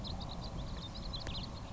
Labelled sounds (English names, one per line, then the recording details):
House Finch
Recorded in Sonoma County, California